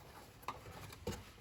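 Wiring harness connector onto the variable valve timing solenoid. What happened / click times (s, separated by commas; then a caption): The connector is being handled but has not yet clicked home / none. A wiring harness connector is handled against the new exhaust variable valve timing solenoid on a 2009 Chevy HHR with a 2.2 engine, reached down to be plugged in. Two short, sharp knocks, near 0.5 s and 1.1 s, stand out over light rubbing and handling noise. The connector has not seated or clicked in yet.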